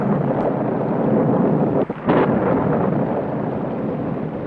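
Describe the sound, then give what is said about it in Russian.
A steady, heavy roar of rain with a deep, rolling rumble of thunder underneath, loud and continuous, with a brief dip and crackle partway through before the downpour surges again. “Да скажи, молнии испугался.”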